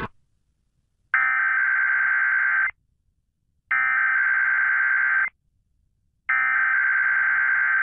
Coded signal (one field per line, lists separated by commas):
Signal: Emergency Alert System (SAME) tones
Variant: header bursts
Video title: KDKA Required Weekly Test (December 11, 2022) (EAS #697)